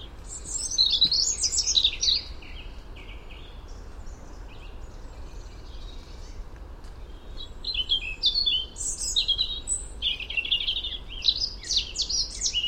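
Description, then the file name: European robin song: bright, high warbled phrases at the start, a quieter lull, then more fast, tinkling notes to the end. "Erithacus rubecula"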